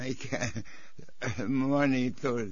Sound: laughs

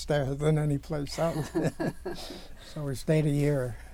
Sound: laughing

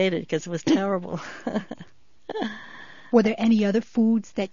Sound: she laughs

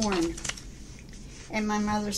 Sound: papers shuffling

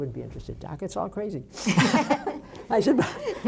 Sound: they laugh

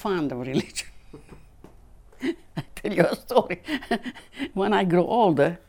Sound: she laughs

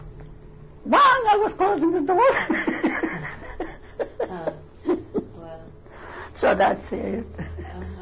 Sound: she laughs

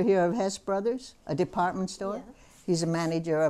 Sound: none

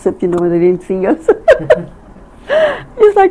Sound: laughing

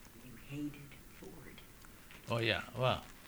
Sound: whispers

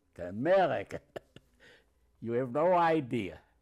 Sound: chuckles

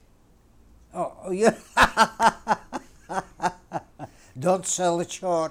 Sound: he laughs

